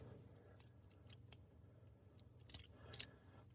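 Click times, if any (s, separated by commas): 1.1 s, 1.3 s, 2.9 s, 3.0 s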